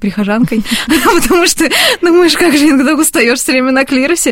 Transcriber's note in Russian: смеется